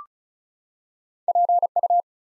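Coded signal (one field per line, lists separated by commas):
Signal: Morse code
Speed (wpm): 36 wpm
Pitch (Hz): 700 Hz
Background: none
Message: PU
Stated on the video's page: Morse practice building 4-letter words two letters at a time at 35 wpm, for instant character recognition.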